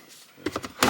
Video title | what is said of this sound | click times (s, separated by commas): Ford Mustang Amplifier and Subwoofer Installation (2010-2014) | and that simply goes over the shifter and snaps right into place | 0.8 s